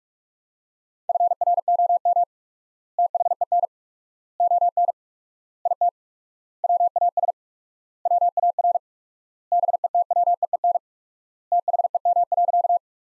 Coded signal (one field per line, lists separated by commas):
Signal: Morse code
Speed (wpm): 41 wpm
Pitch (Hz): 700 Hz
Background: none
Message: FROM THEN ON IT WAS WAR BETWEEN THEM.